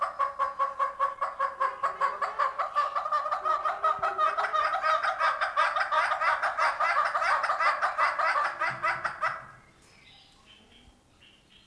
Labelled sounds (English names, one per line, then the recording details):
Northern Red-billed Hornbill duetting
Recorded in captivity
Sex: pair
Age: adult
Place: Zoo Berlin, Berlin, DE
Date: 1997-10-18 11:18
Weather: sonnig, 12-15°C
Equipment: Nagra SN, Kopie Uher 4000 Report Monitor
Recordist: Tembrock, Günter